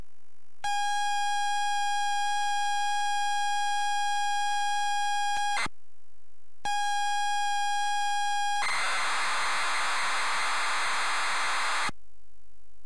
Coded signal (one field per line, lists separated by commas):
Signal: ZX Spectrum tape loading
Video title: ZX Spectrum New Zealand Story